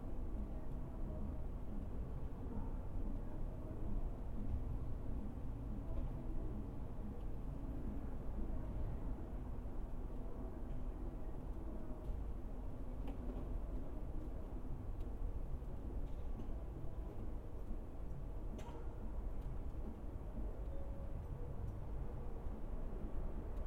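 A constant low rumble of trains and traffic fills the air, with faint scattered clicks and brief higher chirps rising over it now and then.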